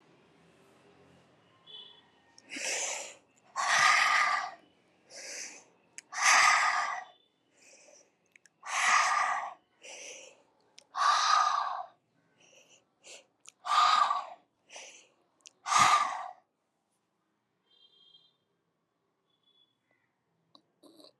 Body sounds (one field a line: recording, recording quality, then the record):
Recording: deep breathing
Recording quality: excellent, no background noise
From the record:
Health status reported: COVID-19 positive, moderate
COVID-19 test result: positive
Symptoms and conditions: cough, cold, fever, fatigue, muscle pain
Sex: female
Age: 49 years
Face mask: not worn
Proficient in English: yes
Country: India